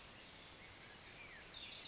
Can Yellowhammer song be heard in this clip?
no